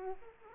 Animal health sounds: mosquito wingbeat signal from an infrared sensor; Aedes aegypti

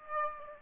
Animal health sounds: mosquito wingbeat signal from an infrared sensor; Aedes aegypti

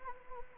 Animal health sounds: mosquito wingbeat signal from an infrared sensor; Anopheles gambiae

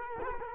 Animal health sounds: mosquito wingbeat signal from an infrared sensor; Culex quinquefasciatus

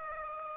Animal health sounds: mosquito wingbeat signal from an infrared sensor; Aedes aegypti

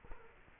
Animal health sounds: mosquito wingbeat signal from an infrared sensor; Culex quinquefasciatus

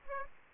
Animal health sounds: mosquito wingbeat signal from an infrared sensor; Aedes aegypti

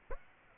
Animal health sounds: mosquito wingbeat signal from an infrared sensor; Aedes aegypti

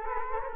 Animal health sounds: mosquito wingbeat signal from an infrared sensor; Culex quinquefasciatus

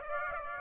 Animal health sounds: mosquito wingbeat signal from an infrared sensor; Aedes aegypti

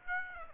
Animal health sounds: mosquito wingbeat signal from an infrared sensor; Aedes aegypti

